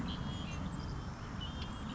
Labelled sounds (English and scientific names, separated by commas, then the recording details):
Savannah Sparrow (Passerculus sandwichensis)
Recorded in Sonoma County, California